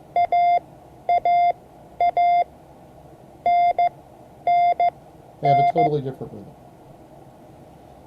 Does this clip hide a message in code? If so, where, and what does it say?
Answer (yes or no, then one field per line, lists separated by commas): yes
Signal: Morse code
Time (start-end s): 0.2-5.9 s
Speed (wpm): 15 wpm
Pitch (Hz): 700 Hz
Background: speech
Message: AAA NNN